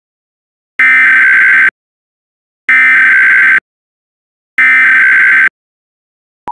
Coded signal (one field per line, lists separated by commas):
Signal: Emergency Alert System (SAME) tones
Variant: header bursts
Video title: Celestina: Reverse Isekai - an EAS Scenario/Audio Drama